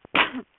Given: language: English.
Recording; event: throat vibration sensor signal played as sound; cough